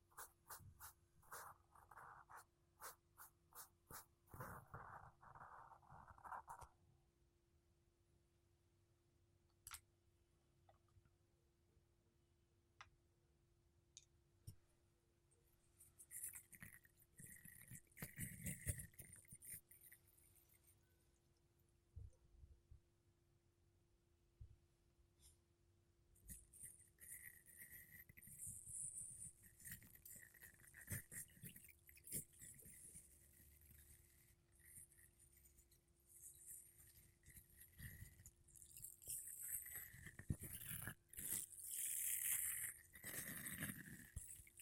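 Makeup brushes and a sponge rub and swish against a microphone in uneven bursts, with sharp taps, soft scratchy strokes and a faint steady hum.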